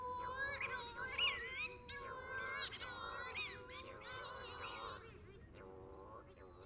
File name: Cape Verde Shearwater